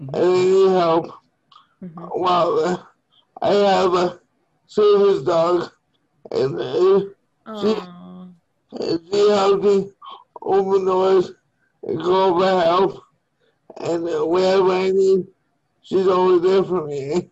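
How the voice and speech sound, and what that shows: Adult man who uses a wheelchair, speaking with a speech impediment (dysarthric speech): slow, effortful speech in short phrases broken by frequent pauses, with drawn-out sounds.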